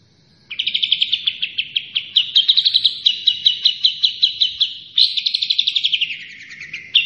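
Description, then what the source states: Long-tailed shrike song, a steady series of quick repeated chip notes in a long rhythmic run, a brief break, then more rapid chatter dropping lower. Local Indonesian name cendet; described as gacor, meaning actively and continuously singing.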